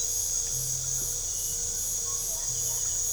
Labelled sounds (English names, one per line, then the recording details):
none
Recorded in pastures near Puerto Asís, Putumayo, Colombia, on 22 December 2024 at 20:00
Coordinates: 0.497, -76.327
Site G088